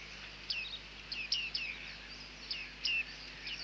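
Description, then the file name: Bearded reedling calls: clear metallic pings, each sliding sharply downward, given in loose groups, with faint hiss behind. "Bearded Tit (Panurus biarmicus)"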